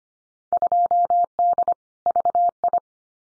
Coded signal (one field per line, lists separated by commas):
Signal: Morse code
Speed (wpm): 25 wpm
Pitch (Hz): 700 Hz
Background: none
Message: 2D VI